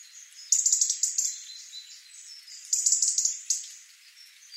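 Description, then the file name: European robin singing two brief high, thin twittering phrases of quick tinkling notes, separated by a short quiet pause. "Erithacus rubecula"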